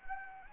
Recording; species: mosquito wingbeat signal from an infrared sensor; Anopheles gambiae